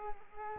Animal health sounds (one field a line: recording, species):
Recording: mosquito wingbeat signal from an infrared sensor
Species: Culex quinquefasciatus